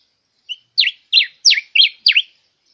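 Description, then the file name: Diuca finch song, a short whistle followed by five evenly spaced, loud downslurred notes, each a bright falling swoop, in a crisp phrase. "Canto da diuca"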